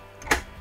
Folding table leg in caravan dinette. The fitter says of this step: there lock it back into place extend their leg locks